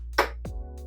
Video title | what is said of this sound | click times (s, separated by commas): Finalmente Comprei o Acessório que o Xbox One S Precisava! | foi deu um clique outro lado | 0.2 s